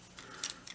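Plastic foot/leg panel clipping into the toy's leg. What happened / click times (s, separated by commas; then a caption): A plastic panel snapped into place / 0.4 s. A plastic foot/leg panel on the second leg of a plastic robot toy is detached, the foot pulled out, and the panel installed during transformation, the same as on the first leg. Faint handling rustles lead up to a sharp, short clip at 0.4 s, followed by a second tick just after and a light tap near the end. The panel clips into place.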